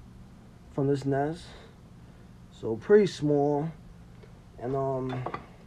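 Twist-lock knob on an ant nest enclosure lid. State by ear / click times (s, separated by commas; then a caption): not seated / none. Someone talks in three short bursts while handling the twist-lock knob on the plastic lid of a small green color-changing My Antics Vortex V 2.0 ant-nest enclosure, with a quiet background between phrases. The knob has not yet been turned home, so nothing has seated or clicked yet.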